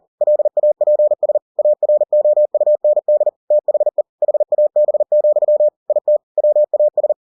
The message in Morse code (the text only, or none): LAPS AROUND THE HAB, IT WAS